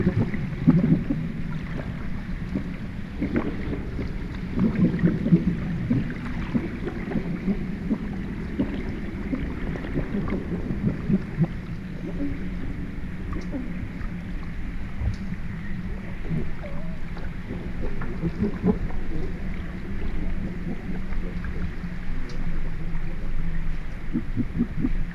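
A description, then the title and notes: Grey seals recorded underwater around a small boat's hull, over a steady low rumble and hum that fills the whole 25 seconds. Short knocks and bumps come often, busier in the first half, with a brief rising squeak or call near eleven seconds. Underwater with grey seals in the Outer Hebrides. We're on a boat in the Outer Hebrides at anchor near a small island. An underwater microphone captures grey seals swimming around the hull of the small boat while a full moon hangs in the still night. Recorded by musician David de la Haye.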